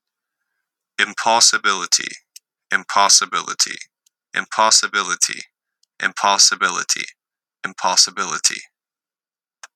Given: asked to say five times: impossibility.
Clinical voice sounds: repeated word; male; 20 to 29 years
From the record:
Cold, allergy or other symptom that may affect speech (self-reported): no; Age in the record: 28 years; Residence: Indiana, United States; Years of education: 13

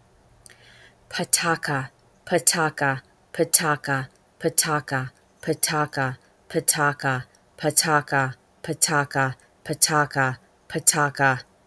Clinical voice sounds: repeated syllables /pa ta ka/; female; 50 to 59 years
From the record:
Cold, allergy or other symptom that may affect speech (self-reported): no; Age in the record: 51 years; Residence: Arizona, United States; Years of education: 14

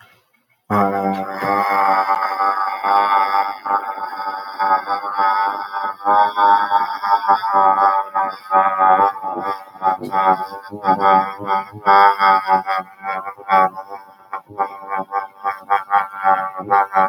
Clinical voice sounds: vowel held as long as possible; male; 30 to 39 years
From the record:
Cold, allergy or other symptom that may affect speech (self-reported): no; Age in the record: 32 years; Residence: New Mexico, United States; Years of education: 13

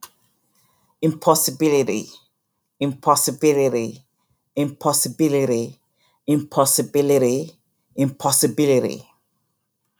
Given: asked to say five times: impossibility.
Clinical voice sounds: repeated word; female; 50 to 59 years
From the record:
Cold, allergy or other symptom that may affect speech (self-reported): no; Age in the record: 52 years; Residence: California, United States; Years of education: 16

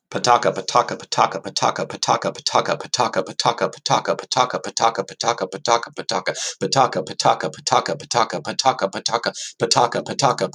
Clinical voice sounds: repeated syllables /pa ta ka/; male; 30 to 39 years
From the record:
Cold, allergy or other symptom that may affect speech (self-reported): no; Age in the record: 36 years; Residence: Missouri, United States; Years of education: 14

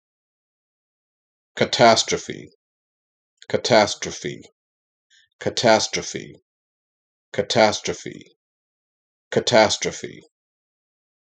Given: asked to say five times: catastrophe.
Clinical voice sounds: repeated word; male; 50 to 59 years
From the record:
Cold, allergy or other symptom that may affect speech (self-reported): no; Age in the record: 55 years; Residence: Georgia, United States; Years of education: 16

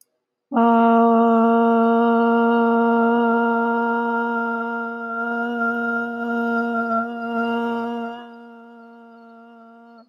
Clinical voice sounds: vowel held as long as possible; female; 40 to 49 years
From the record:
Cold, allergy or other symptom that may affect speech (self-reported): no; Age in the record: 41 years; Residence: Hawaii, United States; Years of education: 16

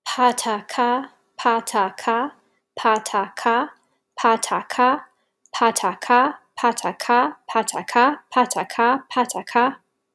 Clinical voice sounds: repeated syllables /pa ta ka/; female; 30 to 39 years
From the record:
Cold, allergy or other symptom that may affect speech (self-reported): no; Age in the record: 33 years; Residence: New York, United States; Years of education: 17

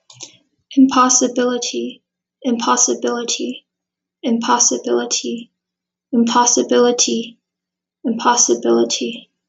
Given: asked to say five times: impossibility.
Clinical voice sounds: repeated word; female; 18 to 19 years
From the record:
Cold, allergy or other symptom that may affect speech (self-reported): no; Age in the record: 19 years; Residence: Pennsylvania, United States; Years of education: 12

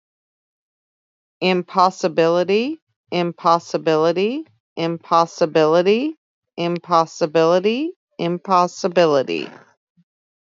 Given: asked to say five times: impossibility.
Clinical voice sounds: repeated word; female; 50 to 59 years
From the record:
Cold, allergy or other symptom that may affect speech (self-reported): no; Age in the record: 56 years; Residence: Ohio, United States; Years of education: 18

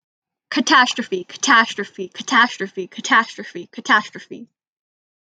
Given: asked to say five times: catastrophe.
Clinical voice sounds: repeated word; female; 20 to 29 years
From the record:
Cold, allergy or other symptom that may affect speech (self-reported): no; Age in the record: 20 years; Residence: Washington, United States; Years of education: 14

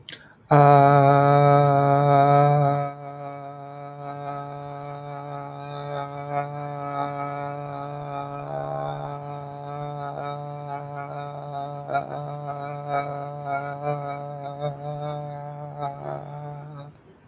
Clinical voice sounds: vowel held as long as possible; male; 20 to 29 years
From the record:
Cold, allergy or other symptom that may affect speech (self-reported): no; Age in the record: 24 years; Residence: Minnesota, United States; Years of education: 17

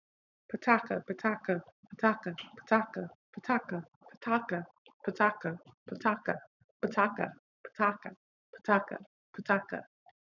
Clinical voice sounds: repeated syllables /pa ta ka/; female; 30 to 39 years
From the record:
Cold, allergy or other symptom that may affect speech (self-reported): no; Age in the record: 30 years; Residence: Missouri, United States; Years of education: 16

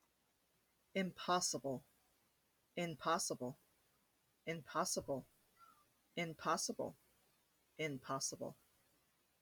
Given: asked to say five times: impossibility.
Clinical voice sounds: repeated word; female; 30 to 39 years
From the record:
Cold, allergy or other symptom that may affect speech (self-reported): no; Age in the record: 30 years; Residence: Iowa, United States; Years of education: 12

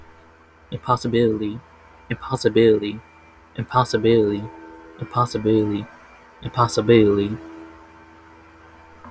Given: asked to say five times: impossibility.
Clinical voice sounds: repeated word; male; 20 to 29 years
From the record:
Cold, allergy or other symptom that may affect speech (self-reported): no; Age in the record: 24 years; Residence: New York, United States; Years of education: 0

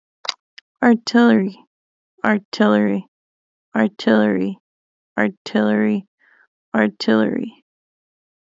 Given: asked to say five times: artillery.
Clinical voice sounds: repeated word; female; 20 to 29 years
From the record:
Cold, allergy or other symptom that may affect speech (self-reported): no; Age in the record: 29 years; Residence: Minnesota, United States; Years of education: 12

